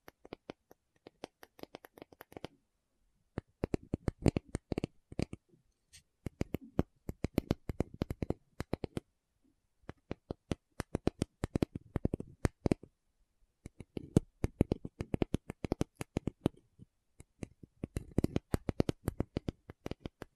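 Tapping in quick, dense bursts of sharp clicks and taps, each burst lasting a couple of seconds before a short pause. The pattern repeats about six times, with crisp, bright strikes mixed with some duller, lower knocks and a faint scratching texture.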